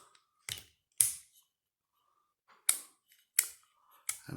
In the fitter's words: A nice little click.